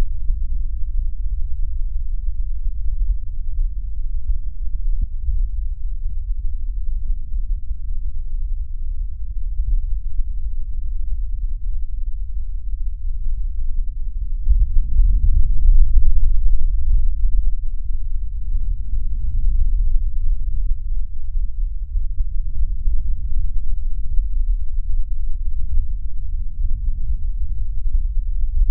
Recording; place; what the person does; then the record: lung sounds by stethoscope; left posterior apical chest; quiet breathing, then deep breathing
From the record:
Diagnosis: pulmonary infection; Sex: male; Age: 74 years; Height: 171 cm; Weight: 80 kg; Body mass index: 27.4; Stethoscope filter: bell mode